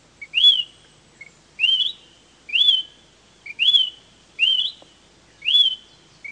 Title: LuckyPassaro Completos2Sama. Smoke-colored Pewee (Contopus fumigatus zarumae)